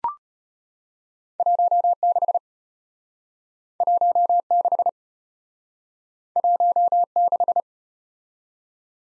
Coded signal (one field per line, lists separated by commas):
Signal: Morse code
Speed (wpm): 34 wpm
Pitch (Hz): 700 Hz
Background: none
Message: 16 16 16